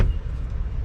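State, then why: Not seated. The lid's clip is pushed back into the hinge on the other side of a portable fridge body after the lid was removed to reverse its opening direction. There is a brief broadband rustle at the start, then steady low handling rumble for under a second. Nothing has seated or clicked yet.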